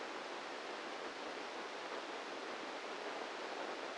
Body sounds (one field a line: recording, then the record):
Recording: brain microelectrode recording played as sound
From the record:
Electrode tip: inside the subthalamic nucleus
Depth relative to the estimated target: -1 mm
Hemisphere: right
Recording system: NeuroSet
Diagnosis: Parkinson's disease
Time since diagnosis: 7 years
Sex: male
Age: 44 years